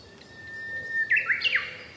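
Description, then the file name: Japanese bush warbler song: a long steady whistle that breaks into a quick rising and falling flourish at the end. "uguis"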